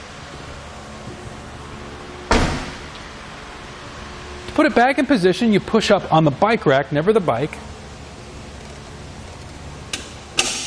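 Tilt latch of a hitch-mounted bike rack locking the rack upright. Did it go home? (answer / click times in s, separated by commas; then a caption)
yes / 9.9 s, 10.4 s. Someone talks while a tilted-away RockyMounts MonoRail Solo hitch-mounted bike rack on a 2014 Subaru XV Crosstrek is pushed back up into its upright position by hand, pushing on the rack rather than the bike. A sharp broadband thump sounds at about 2.3 s. The metal tilt latch then clicks into place at 9.9 s and 10.4 s, locking the rack upright.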